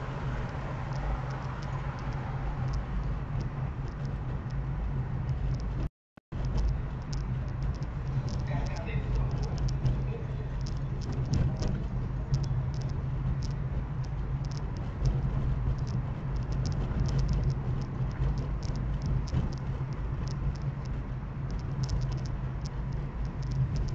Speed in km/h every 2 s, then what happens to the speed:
30, 31, 31, 29, 28, 29, 30, 31, 33, 33, 32, 34.
0-24 steady at about 31.